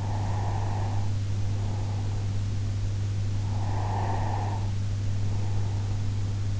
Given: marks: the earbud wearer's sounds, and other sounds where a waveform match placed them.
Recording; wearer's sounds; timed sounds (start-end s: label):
sounds in sleep by an in-ear microphone; breath
0.00-2.49 s: breath
3.46-6.00 s: breath